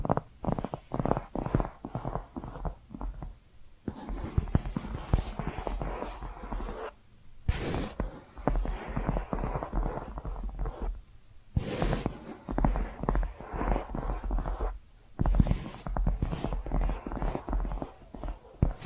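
Dense, quick tapping and scratching runs in busy bursts, broken by brief pauses near 4, 7, 11.5 and 15 seconds, with a low steady hum underneath.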